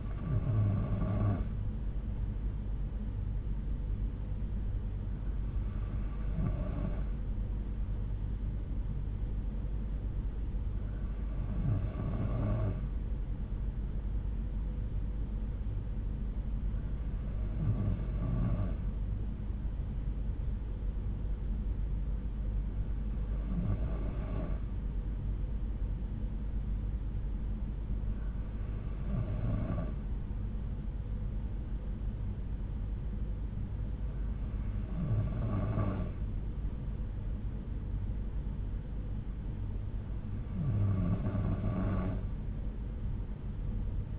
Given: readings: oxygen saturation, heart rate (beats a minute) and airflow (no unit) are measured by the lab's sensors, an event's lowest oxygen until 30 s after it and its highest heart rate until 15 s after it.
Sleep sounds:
breathing in sleep by a smartphone at the bedside; none
28.00-44.19 s: new sleep stage, N3 (deep sleep)
From the record:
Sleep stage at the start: N2 (light sleep); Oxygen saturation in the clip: 92%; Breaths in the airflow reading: 8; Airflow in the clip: -5.2 to 3.6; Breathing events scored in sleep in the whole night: 368 in 8.0 hours asleep

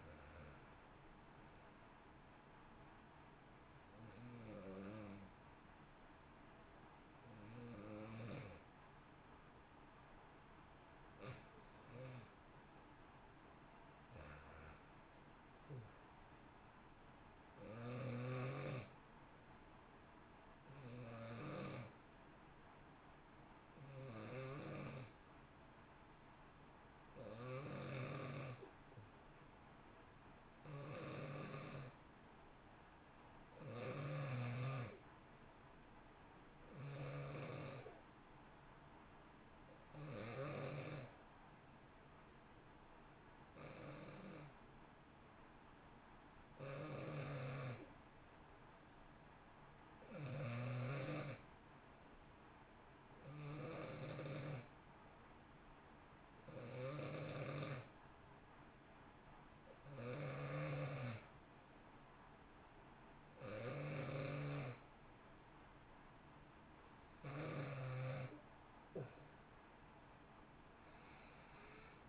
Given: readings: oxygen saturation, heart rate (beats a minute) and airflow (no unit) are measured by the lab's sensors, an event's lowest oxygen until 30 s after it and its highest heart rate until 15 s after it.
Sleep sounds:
breathing in sleep by a voice recorder at the bedside; 1
3.00-32.20 s: hypopnea (N1, oxygen 95% highest, then 90% lowest, heart rate 57 at the start, 65 highest)
18.00-72.09 s: new sleep stage, N2 (light sleep)
From the record:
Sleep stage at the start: N1 (lightest sleep); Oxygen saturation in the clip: 88 to 95%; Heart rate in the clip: 54 to 65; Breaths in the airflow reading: 21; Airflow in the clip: -1.1 to 1.8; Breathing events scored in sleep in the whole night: 328 in 6.3 hours asleep

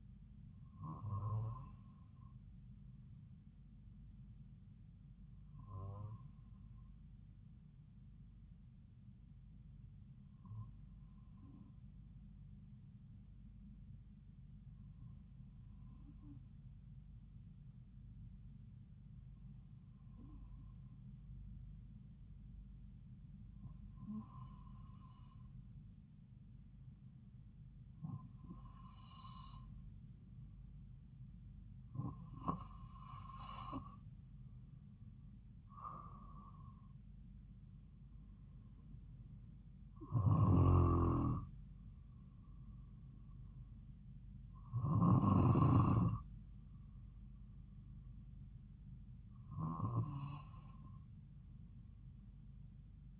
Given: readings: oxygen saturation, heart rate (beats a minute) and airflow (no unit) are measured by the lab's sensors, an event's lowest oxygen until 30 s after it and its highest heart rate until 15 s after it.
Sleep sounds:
breathing in sleep by a smartphone at the bedside; 1
4.00-33.50 s: hypopnea (N2, oxygen 95% highest, then 92% lowest)
From the record:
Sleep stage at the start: N2 (light sleep); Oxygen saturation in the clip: 91 to 95%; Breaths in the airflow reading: 12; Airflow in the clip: -3.3 to 4.2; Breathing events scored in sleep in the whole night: 270 in 6.1 hours asleep

